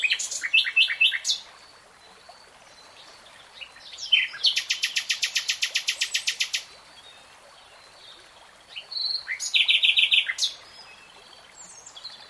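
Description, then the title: Nightingale song in three phrases: rapid notes, a long fast repeated trill lasting about two seconds, then another rattling burst, separated by quiet pauses. Nightingale singing in real time. "[Tiếng chim hót] 3 Hours REALTIME Nightingale Singing"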